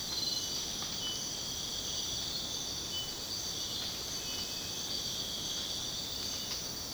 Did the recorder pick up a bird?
no